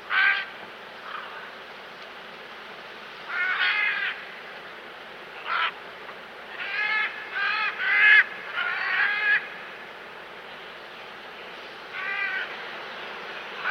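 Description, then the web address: Great Green Macaw calls: a scattered series of harsh, grating squawks, some single, some in clustered bursts, spread irregularly across the recording. South America. "Natures Songs S America Great Green Macaw"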